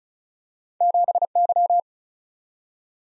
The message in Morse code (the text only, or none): 7Y